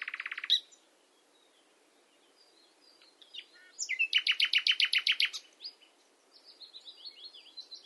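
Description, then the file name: Common nightingale song opening with a short buzzy rattle, then after a pause a run of loud, evenly repeated throbbing notes, followed by softer high twittering. "Luscinia megarhynchos"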